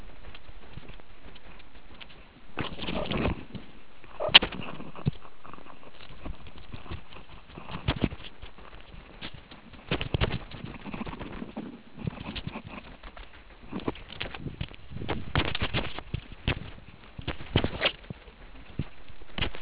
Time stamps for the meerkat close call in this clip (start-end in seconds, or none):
2.94-3.06, 4.20-4.30